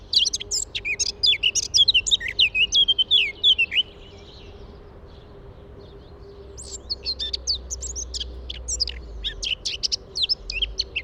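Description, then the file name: Eurasian blackcap gives a lively warbled phrase of high twitters and whistles. After a pause of a couple of seconds, a second burst of sharp chattering notes follows. "Sylvia atricapilla"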